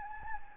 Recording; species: mosquito wingbeat signal from an infrared sensor; Anopheles gambiae